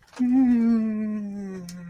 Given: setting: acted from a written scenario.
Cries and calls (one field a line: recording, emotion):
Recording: vocal sound without words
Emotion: pride